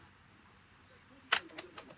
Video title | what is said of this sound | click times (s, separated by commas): KingSong S22 Pro Unicycle 21 Error Code Fixed | you probably just heard that click together | 1.3 s